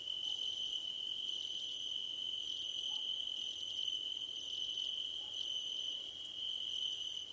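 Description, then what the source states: High-pitched cricket chirping in repeated pulsed bursts with brief breaks, layered over a steady continuous ringing trill. Crickets at night under a starlit sky, nighttime ambience.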